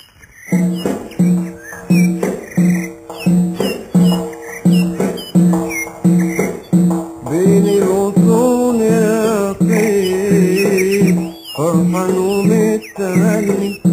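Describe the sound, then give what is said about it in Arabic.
Bright, bird-like chirps and warbling whistles trill repeatedly over a steady, low tonal backing, the calls rising and falling in quick, lilting phrases throughout. “وانت سعيد يا طير للولف بتغني، بين الغصون يا طير فرحان ومتغني، وانت سعيد يا طير للولف بتغني.”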